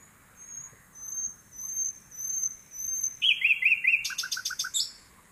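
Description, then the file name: Common nightingale song: long thin high whistles, then a short run of looping notes and a fast rattling burst of repeated notes. "Luscinia megarhynchos"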